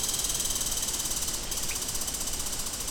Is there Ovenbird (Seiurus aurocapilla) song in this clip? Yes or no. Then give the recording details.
no. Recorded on 25 June 2016 at 07:51. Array SBT-6-76